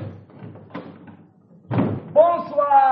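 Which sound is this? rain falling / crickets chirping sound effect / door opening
door opening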